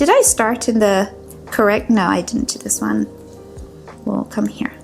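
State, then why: Not seated. A plastic decorative puzzle-pot piece is handled near the indentation pin on the pot's ring, ready to be pressed on, while someone talks. Nothing has seated or clicked yet.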